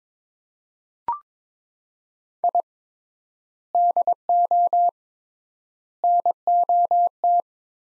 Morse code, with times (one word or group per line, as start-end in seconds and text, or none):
2.4-2.6 I
3.7-4.9 DO
6.0-7.4 NOT